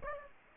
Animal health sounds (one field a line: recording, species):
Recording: mosquito wingbeat signal from an infrared sensor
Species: Aedes aegypti